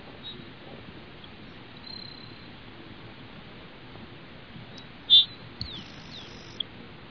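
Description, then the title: Grassland Sparrow call: a single sharp, high note after about five seconds, with a few faint thin high sounds before and after it over soft background hiss. "LuckyPassaro Completos2Sama. Grassland Sparrow (Ammodramus humeralis)"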